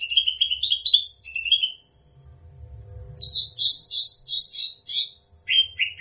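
Bird song with a rapid warbling trill, a short gap with low hum, then a quick series of loud high chirps.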